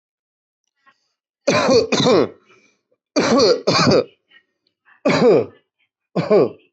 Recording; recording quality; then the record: heavy voluntary cough; excellent, no background noise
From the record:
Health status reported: healthy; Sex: male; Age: 39 years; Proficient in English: yes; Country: India